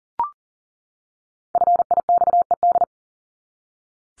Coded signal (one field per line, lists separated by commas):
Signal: Morse code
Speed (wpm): 40 wpm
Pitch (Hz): 700 Hz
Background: none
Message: FIXED